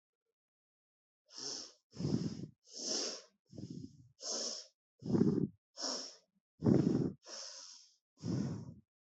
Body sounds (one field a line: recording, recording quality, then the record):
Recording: shallow breathing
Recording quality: excellent, no background noise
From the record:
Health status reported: healthy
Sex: female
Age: 22 years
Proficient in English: yes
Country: India